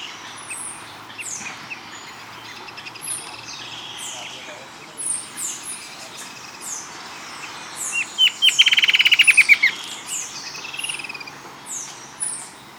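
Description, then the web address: Birds calling: many thin, high chirps sliding downward, scattered throughout, with a rapid rattling trill in the second half, over steady background hiss. "BIRD 2015 SABIOD"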